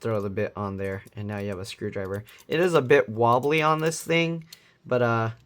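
Someone talks while fitting a bit onto the screwdriver bit-holder arm of a metal NexTool W2 8 in 1 multitool, handling the arm before it swings into the handle's spring lock. The arm is handled but has not yet locked in place, and nothing has seated or clicked.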